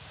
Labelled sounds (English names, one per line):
Blackpoll Warbler flight call